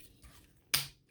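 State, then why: Seated. The plastic chest section of a transforming Earthrise Starscream robot figure is lined up and pressed home into the figure's body. After faint low handling rustle, a single loud, sharp snap rings out at 0.7 s and fades quickly. The chest panel locks into place, fully seated.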